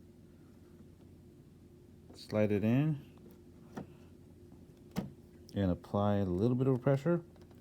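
A DDR4 memory stick is aligned and slid into a motherboard DIMM slot with a little pressure while someone talks over a low steady hum, with faint handling taps and knocks between the words. Nothing has seated or clicked yet; the slot latch has not clicked by the end of the clip.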